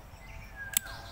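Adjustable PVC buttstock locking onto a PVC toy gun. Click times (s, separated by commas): 0.8 s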